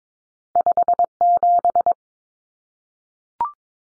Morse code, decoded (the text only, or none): 57